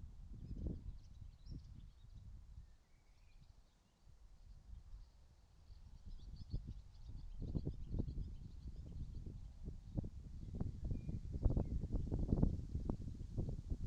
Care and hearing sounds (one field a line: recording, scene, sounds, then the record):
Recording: everyday scene through a hearing-aid microphone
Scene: wind on the microphone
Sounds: wind, birds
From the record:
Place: in front of a rural house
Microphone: in the ear canal, right